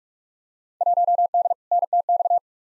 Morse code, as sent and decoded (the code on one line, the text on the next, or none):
.---- -.. / -. - -..-
1D NTX